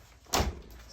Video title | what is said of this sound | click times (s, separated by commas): The NEW Hunter Douglas Silhouette Halo with DuoLIte- Complete Coverage Including Installation | now it's equal I'm going to press in you hear that snap snap | 0.3 s